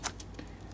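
An SD memory card is pushed into slot 1 of a Sony A7 III mirrorless camera, which had reported that it was unable to read the card and needed it reinserted. The push releases the spring latch with a sharp click at 0.1 s, followed by faint ticks around 0.2, 0.4 and 0.7 s. The card pops out of the slot, released.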